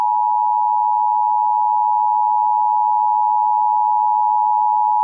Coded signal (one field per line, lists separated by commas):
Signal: Emergency Alert System (SAME) tones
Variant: 853 and 960 Hz attention tone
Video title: EAS SCENARIO: Terror Up In The Hills